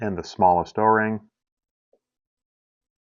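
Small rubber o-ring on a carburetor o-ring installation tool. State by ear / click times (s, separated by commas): not seated / none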